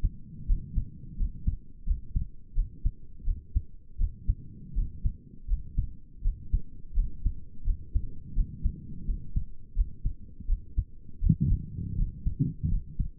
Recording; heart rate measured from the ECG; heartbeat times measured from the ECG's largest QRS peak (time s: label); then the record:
heart sounds by stethoscope; 83 bpm
0.49 s: heartbeat
1.19 s: heartbeat
1.88 s: heartbeat
2.56 s: heartbeat
3.26 s: heartbeat
4.00 s: heartbeat
4.76 s: heartbeat
5.49 s: heartbeat
6.24 s: heartbeat
6.96 s: heartbeat
7.66 s: heartbeat
8.36 s: heartbeat
9.08 s: heartbeat
9.77 s: heartbeat
10.48 s: heartbeat
11.22 s: heartbeat
11.98 s: heartbeat
12.71 s: heartbeat
From the record:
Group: healthy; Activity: rest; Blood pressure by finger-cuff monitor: 118/61 mmHg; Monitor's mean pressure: 76 mmHg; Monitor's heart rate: 83 bpm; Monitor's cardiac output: 8.2 L/min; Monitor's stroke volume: 97 mL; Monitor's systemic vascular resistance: 670 dyn s/cm5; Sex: male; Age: 22 years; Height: 181 cm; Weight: 79 kg